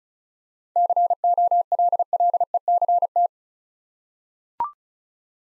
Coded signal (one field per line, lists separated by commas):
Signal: Morse code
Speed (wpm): 36 wpm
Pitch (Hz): 700 Hz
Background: none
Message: COLLECT